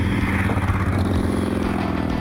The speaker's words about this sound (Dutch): Want u staat niet alleen in uw ergernis over dat motorgeluid.